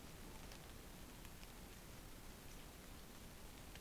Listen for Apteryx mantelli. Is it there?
no